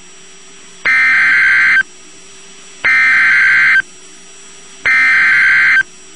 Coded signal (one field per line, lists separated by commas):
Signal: Emergency Alert System (SAME) tones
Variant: header bursts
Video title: Severe Thunderstorm Warning (EAS #348)